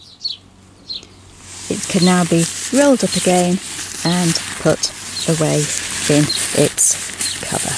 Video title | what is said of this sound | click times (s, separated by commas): XIXVON UPF 50+ Reverse Folding Umbrella Travel Review, Superior design reverse folding brolly withst | again just push stand down and it clicks into place it | 0.3 s